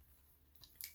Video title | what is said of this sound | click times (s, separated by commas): Blindformers Ep. 23: Combiner Wars Constructacon Scrapper CW Devastator Part 2 | keep pulling it up until you hear a snap and you feel a snap, and | 0.8 s